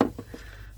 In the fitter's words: Give it a twist. You hear it pop.